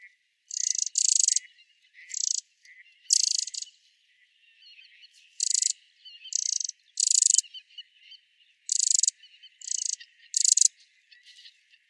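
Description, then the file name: Eurasian wren giving harsh, dry rattling bursts, repeated irregularly, with faint softer notes between them. "Troglodytes troglodytes"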